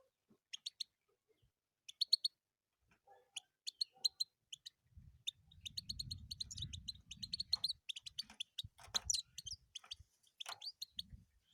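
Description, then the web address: European goldfinch song, isolated chirps building into a continuous bright twittering run, with some low rumble in the middle. "penie schegla"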